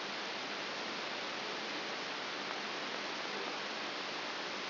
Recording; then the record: brain microelectrode recording played as sound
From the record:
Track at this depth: inside the subthalamic nucleus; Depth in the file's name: 3.702 mm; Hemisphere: left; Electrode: 3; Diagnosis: Parkinson's disease